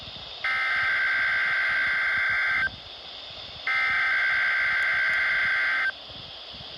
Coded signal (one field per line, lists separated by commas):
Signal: Emergency Alert System (SAME) tones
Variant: header bursts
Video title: 7/12/23 - KHB38 & WXJ94 Required Weekly Tests (EAS #818 & EAS #819)